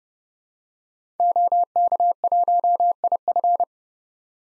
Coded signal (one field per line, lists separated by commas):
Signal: Morse code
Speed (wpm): 32 wpm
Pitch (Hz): 700 Hz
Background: none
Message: OK1IF